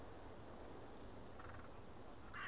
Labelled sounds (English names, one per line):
Eurasian Blue Tit